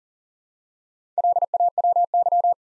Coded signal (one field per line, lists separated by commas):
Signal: Morse code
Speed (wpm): 40 wpm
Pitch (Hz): 700 Hz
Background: none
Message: LAWY